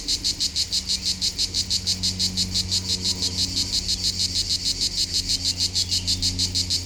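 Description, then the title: Cicadas giving a continuous high rasping buzz in quick, even throbs, with a low hum beneath. Local cicadas in full activity on a hot summer day at the foot of the Molard de Vions, Vions, France; rhythmic song. "Rue De BOVERON, Vions, France - Rythmique des cigales"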